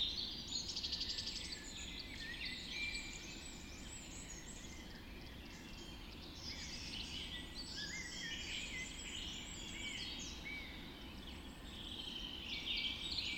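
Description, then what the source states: Birds in a dawn chorus, dense overlapping high twittering and trilled phrases, over a steady low background noise. Dawn chorus recorded just after dawn in the Forest of Dean.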